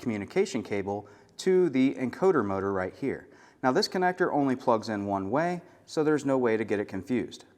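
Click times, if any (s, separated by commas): none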